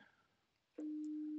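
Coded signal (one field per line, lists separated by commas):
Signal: beep code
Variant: Motorola P25 radio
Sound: quiet hiss, then one steady low tone held to the end of the clip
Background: radio static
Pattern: 1 long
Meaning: Long tone means the radio is out of range of the repeater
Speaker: i'll just key up on my xtl 5000 here a moment you'll be able to hear what that sounds like so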